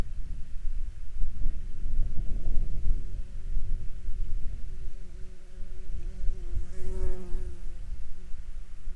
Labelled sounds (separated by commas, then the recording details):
wind, water, insects
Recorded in Ivvavik National Park, Yukon, on 6 June 2019 at 01:23
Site SINP06